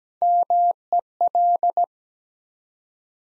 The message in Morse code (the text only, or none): MEL